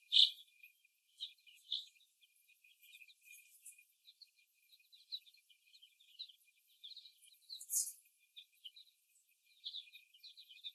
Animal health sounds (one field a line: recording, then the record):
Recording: young laying hens in a cage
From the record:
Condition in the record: before the stressor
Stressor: simulated dog barking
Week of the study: 1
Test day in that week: 2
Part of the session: 4